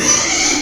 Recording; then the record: squeal of a Yucatan mini pig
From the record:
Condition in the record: before surgery on the right vocal fold (resection and tissue-engineered implant); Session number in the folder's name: 2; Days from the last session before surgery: 0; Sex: male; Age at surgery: 12 weeks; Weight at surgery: 13 kg